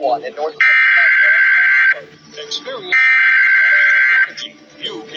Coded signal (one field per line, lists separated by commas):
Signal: Emergency Alert System (SAME) tones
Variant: header bursts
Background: speech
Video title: scary emergency alert system